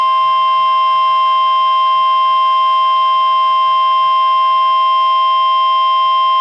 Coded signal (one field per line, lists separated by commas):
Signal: Emergency Alert System (SAME) tones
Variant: 1050 Hz attention tone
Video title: Severe Thunderstorm Watch #111 [EAS #180] 4/16/13